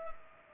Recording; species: mosquito wingbeat signal from an infrared sensor; Culex pipiens